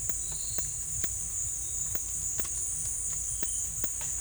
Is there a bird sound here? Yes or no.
no